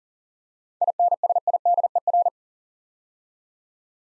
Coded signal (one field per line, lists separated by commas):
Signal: Morse code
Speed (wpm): 40 wpm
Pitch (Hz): 700 Hz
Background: none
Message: INSIDER